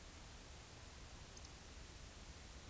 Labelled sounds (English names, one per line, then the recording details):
Eurasian Woodcock whistle
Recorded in Baden-Württemberg, Germany, on 10 May 2021 at 19:48 UTC
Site 24606, 635 m above sea level